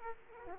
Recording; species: mosquito wingbeat signal from an infrared sensor; Aedes aegypti